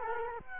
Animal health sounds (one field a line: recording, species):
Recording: mosquito wingbeat signal from an infrared sensor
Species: Culex quinquefasciatus